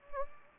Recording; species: mosquito wingbeat signal from an infrared sensor; Anopheles gambiae